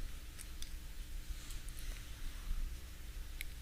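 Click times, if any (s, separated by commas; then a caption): none. A die-cast scale model kit part is handled against its mating piece, with a few faint, sharp handling ticks over a low steady background hum. The part has not seated or clicked into place yet; it is meant to snap in and be held together with glue.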